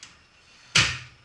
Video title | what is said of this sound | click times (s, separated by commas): Antenna Project 1 . Cutting the cable cord | just snapped in place | 0.8 s